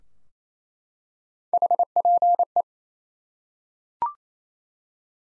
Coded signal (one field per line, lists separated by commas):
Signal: Morse code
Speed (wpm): 28 wpm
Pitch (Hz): 700 Hz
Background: none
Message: HPE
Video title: Top 90 QSO Elements 28wpm